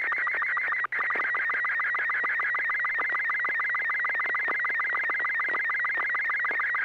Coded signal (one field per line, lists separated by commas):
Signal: SSTV (slow-scan television)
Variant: Robot 36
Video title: N6NA SSTV Net - 10/04/2023